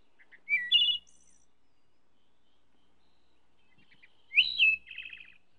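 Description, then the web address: Thrush song: two short, clear phrases of fluty and twittering notes, the second ending in a quick trill, separated by about three seconds of quiet. "дрозд"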